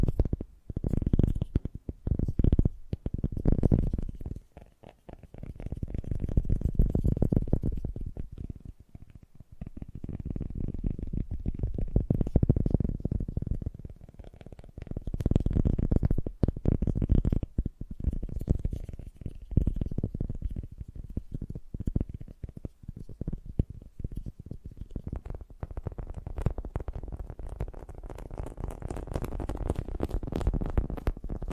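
Fast, gentle tapping runs through the whole clip as a dense stream of soft, low, muffled taps with little brightness. The pace stays quick while the loudness swells and dips in waves, with brief quieter gaps near 5, 10, 15 and 25 seconds.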